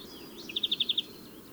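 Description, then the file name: European greenfinch giving a brief trill of six quick chirps, faint against background noise. "Chloris chloris"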